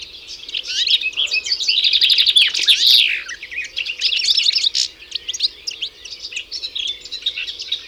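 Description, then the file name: European goldfinch twittering: a fast stream of bright tinkling and liquid chirps, several notes per second. "Carduelis carduelis"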